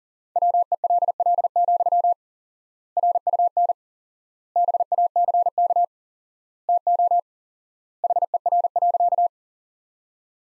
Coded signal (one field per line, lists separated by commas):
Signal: Morse code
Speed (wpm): 40 wpm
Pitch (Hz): 700 Hz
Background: none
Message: WELL, RUN BACK TO HER.